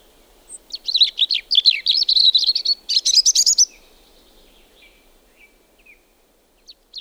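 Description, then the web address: European robin singing a rich, tumbling warble of quick high notes, then trailing off into a few soft, scattered calls. "liigid plaat punarind"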